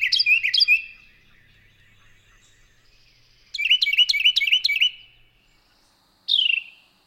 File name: Carolina Wren